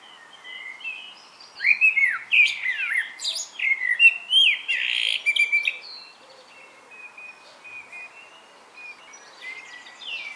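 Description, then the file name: Common blackbird singing fluty, warbled phrases that break into high squeaky twitters, mostly between two and six seconds, then quieter notes. "Turdus merula"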